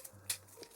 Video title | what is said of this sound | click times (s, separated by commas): JUST TRANSFORM IT!: Studio Series '86 Commander Hook & Long Haul | locked into place like that. | 0.3 s